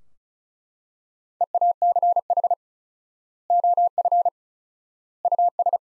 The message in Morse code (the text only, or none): EACH OF US